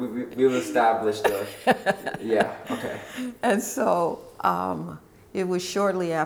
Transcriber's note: laughter